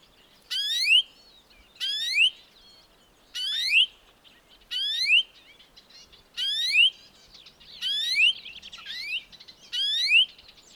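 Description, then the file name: European greenfinch giving a rising, wheezy call, repeated several times, each note sweeping upward with a buzzy edge. "Chloris chloris"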